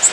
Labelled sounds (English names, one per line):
Blue-winged Warbler flight call